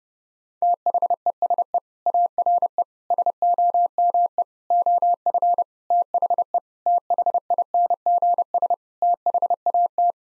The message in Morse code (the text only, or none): THESE ARE SOME OF THE THINGS THAT